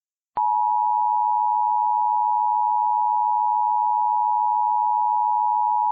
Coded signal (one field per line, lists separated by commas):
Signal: Emergency Alert System (SAME) tones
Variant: 853 and 960 Hz attention tone